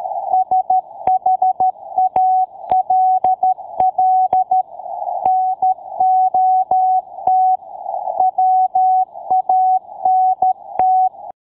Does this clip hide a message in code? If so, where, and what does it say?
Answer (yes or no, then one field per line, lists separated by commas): yes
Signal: Morse code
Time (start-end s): 0.3-11.1 s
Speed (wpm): 13 wpm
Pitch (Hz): 750 Hz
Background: none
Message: SHALL NOT WANT